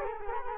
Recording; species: mosquito wingbeat signal from an infrared sensor; Culex quinquefasciatus